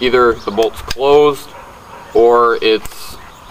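Someone talks while handling the bolt of a Marlin Model 60 rimfire rifle, which is meant to be drawn back and caught open on its bolt hold-open. A faint sharp tick comes right at the end, at 3.5 s. The clip stops before the bolt locks into the open position, so nothing has seated or clicked yet.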